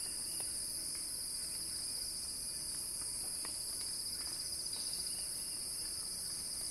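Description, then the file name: Cicada song as a loud, even, high-pitched buzzing drone with light pulsing and occasional soft clicks. Cicada crescendo; recorded by Axel Drioli. "earth-fm Axel-Drioli Cicada-Crescendo-Sounding-Wild"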